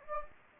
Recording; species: mosquito wingbeat signal from an infrared sensor; Anopheles gambiae